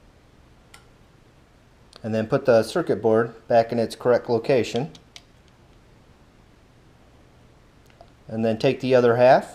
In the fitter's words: insert, and then press, and it should snap into place.